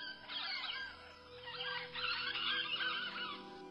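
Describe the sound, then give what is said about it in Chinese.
A steady stream of shrill, chattering calls of the Carolina parakeet, a species extinct since 1918: overlapping squawks and chirps rising and falling in pitch without pause, heard alone with no voices. “卡罗莱纳鹦鹉于1918年灭绝”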